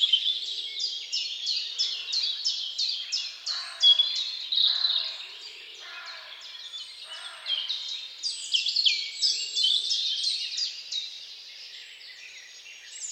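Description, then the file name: Birds singing densely at dawn, high chirps repeated in fast descending strokes and a few lower notes beneath. "Odgłosy-Natury-Świt-i-ptaki"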